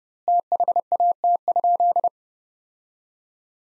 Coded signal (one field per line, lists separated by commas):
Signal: Morse code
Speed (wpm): 30 wpm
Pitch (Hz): 700 Hz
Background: none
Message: THAT?